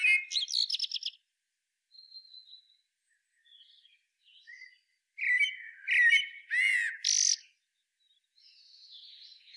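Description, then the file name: Common blackbird song, with a chattering opening, thin faint notes, then loud fluty whistles and a squeaky high flourish, followed by soft twittering. "Turdus merula"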